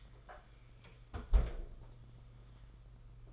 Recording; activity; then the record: daily activity, microphone in the room; close fridge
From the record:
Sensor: 5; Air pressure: 991.1 hPa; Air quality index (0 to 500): 117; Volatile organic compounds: 37 ppm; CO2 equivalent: 3094 ppm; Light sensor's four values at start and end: 34/107/41/43 and 33/106/40/43